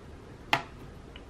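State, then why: Seated. A small plastic key retainer clip is pressed into place on a Lenovo Yoga laptop keyboard, giving one sharp snap at 0.5 s and a faint tick at 1.2 s. The clip is seated in place.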